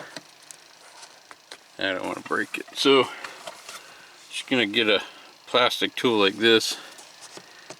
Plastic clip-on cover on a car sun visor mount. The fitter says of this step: and oh there you can hear it popping free just